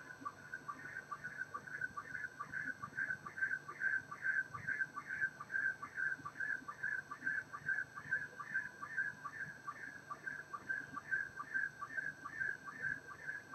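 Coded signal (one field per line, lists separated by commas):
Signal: SSTV (slow-scan television)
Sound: warbling tone around 1.5-2.3 kHz with steady rhythmic low sync chirps, about two per second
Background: radio static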